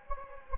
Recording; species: mosquito wingbeat signal from an infrared sensor; Anopheles gambiae